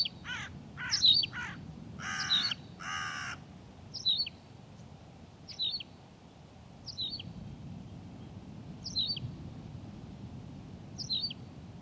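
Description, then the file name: Tawny pipit song: a short, high, falling two-part chirp repeated several times, with loud harsh crow caws at the start. "Pipit rousseline Anthus campestris"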